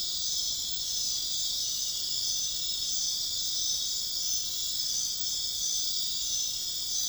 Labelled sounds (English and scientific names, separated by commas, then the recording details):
none
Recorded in dense forest near Puerto Asís, Putumayo, Colombia, on 18 February 2024 at 01:30
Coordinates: 0.502, -76.324
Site G6370